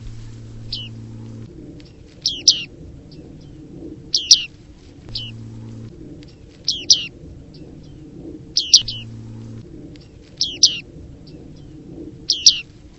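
Bird calls: short high chirps in quick pairs and triplets, repeated in bursts about every two seconds over a low background hum.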